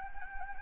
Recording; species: mosquito wingbeat signal from an infrared sensor; Anopheles gambiae